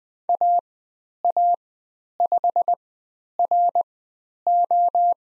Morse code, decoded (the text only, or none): AA5RO